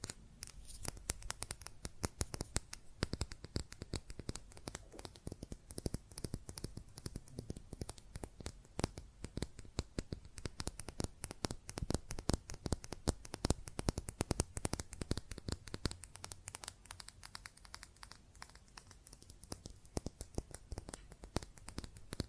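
Fast tapping on glass and ceramic objects: a dense, unbroken run of sharp, bright clicks that keeps the same rapid pace for the whole 22 seconds. The taps come close together with small shifts in loudness, and a soft low rumble sits underneath.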